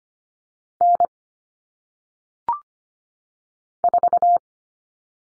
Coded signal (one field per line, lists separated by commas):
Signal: Morse code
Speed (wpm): 25 wpm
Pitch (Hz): 700 Hz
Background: none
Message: N 4